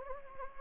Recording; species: mosquito wingbeat signal from an infrared sensor; Anopheles gambiae